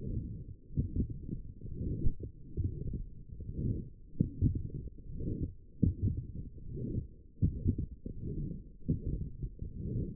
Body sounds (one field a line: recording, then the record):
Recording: forearm muscle sounds (acoustic myography)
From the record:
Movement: forearm pronation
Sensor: system 1, eight BSWA MPA416 microphones around the upper forearm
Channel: 2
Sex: female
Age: 21 years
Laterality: right